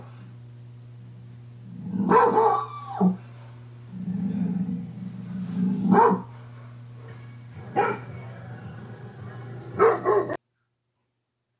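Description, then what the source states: Rottweiler barking: deep, rough barks, irregularly spaced, over a low steady hum. A protective breed, barking.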